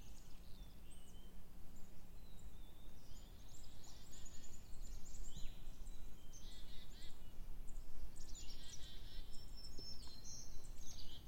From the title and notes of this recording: (kayak drifting on a river). This recording was made on July 13, 2023 on the Preston River in Duhamel, Québec. Drifting on a river in a kayak.